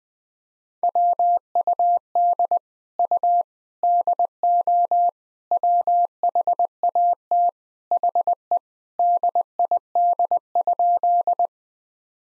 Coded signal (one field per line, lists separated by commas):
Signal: Morse code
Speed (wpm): 20 wpm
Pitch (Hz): 700 Hz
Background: none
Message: WUD U DO WHAT HE DID?